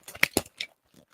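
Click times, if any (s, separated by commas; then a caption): 0.2 s. A quick-release buckle on a plate carrier vest is squeezed, and the buckles pop apart with a sharp click at 0.2 s. A cluster of small rattles and snaps surrounds it, with another strong snap at 0.4 s and one near 0.6 s, then faint handling noise. The buckle releases.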